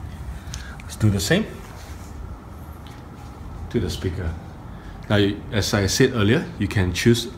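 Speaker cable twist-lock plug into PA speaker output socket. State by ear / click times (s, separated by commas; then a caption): seated / 0.5 s. A twist-lock speaker cable plug is pushed into the speaker output socket of a PA and twisted to the right until it locks. A short, sharp click lands at 0.5 s, showing the connector has seated. Someone then talks over a low steady background hum.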